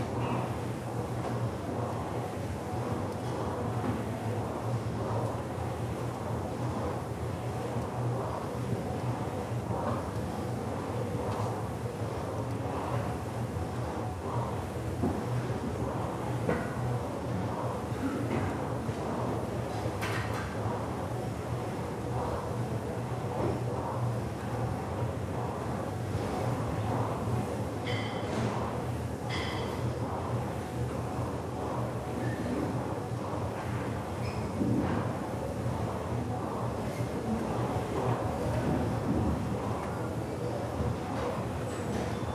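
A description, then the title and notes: Gym ambience with a dense, steady low rumble and hum running evenly throughout, like machines turning over without pause. A faint murmur sits in the mix, and sparse bright metallic clinks of weights cut through around the twenty-, thirty- and thirty-five-second marks. Iron Beats and Treadmill Rythm - Energizing and Soothing Ambiance of a Gym. Weight clinks and treadmill swooshes create a unique ambience, offering a sense of calm amidst the hustle.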